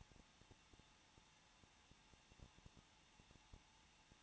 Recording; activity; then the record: daily activity, microphone in the room; no activity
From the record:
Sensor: 1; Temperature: 20.0 degrees Celsius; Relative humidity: 39.4%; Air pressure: 1006.4 hPa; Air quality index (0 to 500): 219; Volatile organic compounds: 82 ppm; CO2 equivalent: 3623 ppm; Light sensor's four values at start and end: 1/2/1/1 and 1/2/1/1